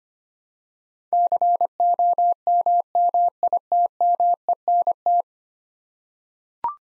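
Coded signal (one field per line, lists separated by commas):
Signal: Morse code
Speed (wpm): 25 wpm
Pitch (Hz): 700 Hz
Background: none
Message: COMMITMENT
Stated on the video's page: Computer-generated Morse head-copy drill of ten-letter words at 25 wpm; each word sent, spoken, then sent again.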